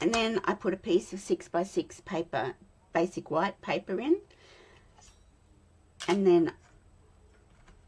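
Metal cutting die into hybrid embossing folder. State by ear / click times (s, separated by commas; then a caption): not seated / none. A metal cutting die is being handled over an inked hybrid embossing folder holding a piece of 6x6 basic white paper, ready to lock into place. Someone talks through most of the clip, with quieter handling noise in the pauses. Nothing has seated or clicked yet.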